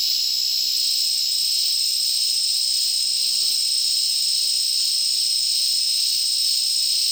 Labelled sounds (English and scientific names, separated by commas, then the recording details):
none
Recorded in dense forest near Puerto Asís, Putumayo, Colombia, on 19 February 2024 at 09:30
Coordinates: 0.499, -76.324
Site G6469